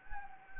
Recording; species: mosquito wingbeat signal from an infrared sensor; Anopheles gambiae